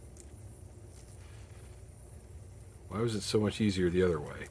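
A soft plastic accessory piece is being fiddled with and lined up to fit back onto a Super7 ThunderCats Ultimates Mongor action figure, with a low steady background hum and a faint tick at 0.2 s. From about 2.9 s someone talks. Nothing has seated or clicked yet.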